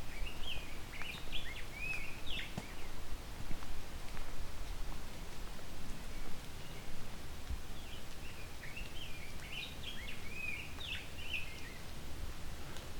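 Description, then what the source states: Rose-breasted Grosbeak singing two soft, halting phrases of warbled whistles several seconds apart, with steady low-frequency background noise throughout. Male, shy, fairly close up; subdued, not wholehearted song, singing quietly to himself.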